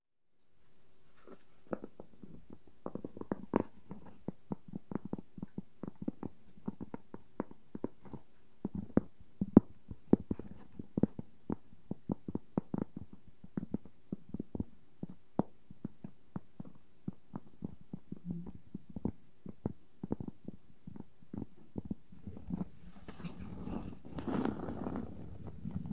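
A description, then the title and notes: Wooden objects are tapped in quick, irregular clusters, sharp dry knocks coming several per second almost throughout. The taps are mostly low and hollow with short bright edges. Near the end a rougher scraping sound thickens underneath as the tapping continues. ASMR No Talking Wooden Objects Tapping and Scratching ( Cork, Bowl, Lid, Block).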